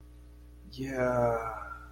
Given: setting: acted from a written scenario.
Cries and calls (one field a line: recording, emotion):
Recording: vocal sound without words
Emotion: romantic love